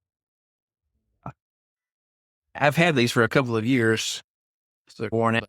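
A spring snap-out button on a folding aluminum trekking pole made by Trekology locks the pole sections together, giving a single sharp click at 1.3 s that shows the sections are seated. Someone then talks, saying the poles are worn out after a couple of years.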